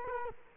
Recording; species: mosquito wingbeat signal from an infrared sensor; Culex quinquefasciatus